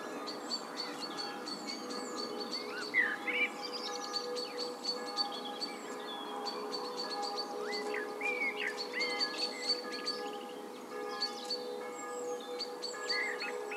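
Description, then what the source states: Blackbird song: repeated fluty, slurred phrases among many high chirps, with steady ringing tones underneath. Blackbirds and bells.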